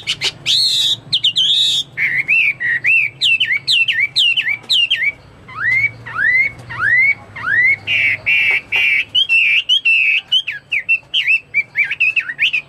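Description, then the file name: Chinese hwamei song of loud looping whistles and sharp chips, including a series of slurred rising whistles, then fast varied phrases. "omkicau hwamei"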